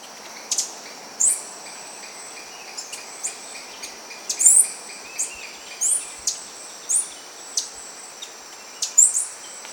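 Bird calls as sharp, high chirps and quick downslurred notes repeated irregularly, over continuous faint background noise.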